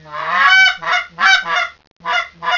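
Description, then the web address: Goose giving harsh, nasal honks, four loud calls in quick succession, a brief pause, then two more honks. "duck sounds Short reed goose"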